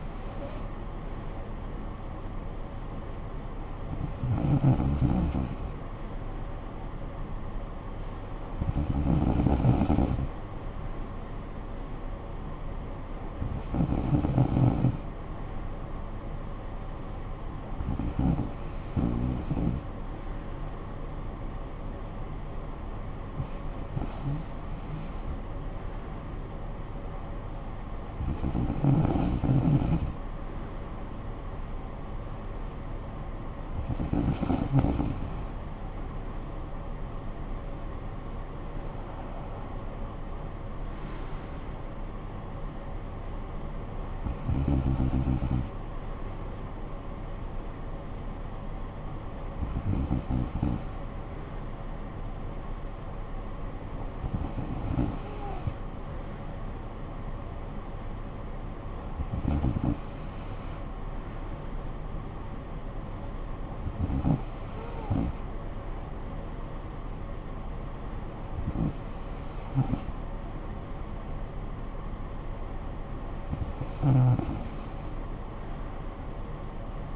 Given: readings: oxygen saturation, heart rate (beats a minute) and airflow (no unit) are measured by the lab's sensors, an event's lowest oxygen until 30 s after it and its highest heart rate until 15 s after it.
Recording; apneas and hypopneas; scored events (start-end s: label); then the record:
breathing in sleep by a smartphone at the bedside; none
none scored
From the record:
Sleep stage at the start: N2 (light sleep); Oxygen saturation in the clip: 94 to 95%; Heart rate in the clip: 52 to 61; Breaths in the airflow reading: 16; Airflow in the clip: -12.9 to 7.5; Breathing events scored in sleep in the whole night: 445 in 7.6 hours asleep